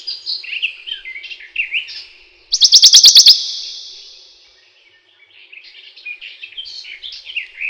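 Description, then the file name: Western Bonelli's warbler song: a single dry, rattling trill of several quick notes that trails off in an echo, with another bird's jumbled chattering song before and after. "пеночка белобрюхая"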